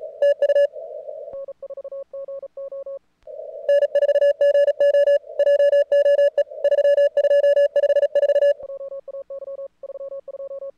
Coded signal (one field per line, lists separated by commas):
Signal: Morse code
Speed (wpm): 37 wpm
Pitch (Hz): 1700 Hz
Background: none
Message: TU N4GO JOE 3254